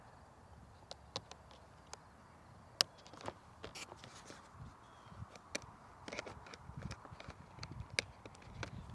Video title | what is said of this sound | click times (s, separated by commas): Radiolink A560 is NOT a beginner RC plane but it's still cool | They do snap into place. | 2.8 s, 8.0 s